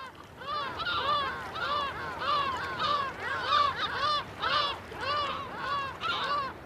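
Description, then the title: Lesser black-backed gull calling: a long series of harsh, nasal, laughing notes with strong harmonics, repeated steadily throughout. "Viikon luontoääni: Selkälokki"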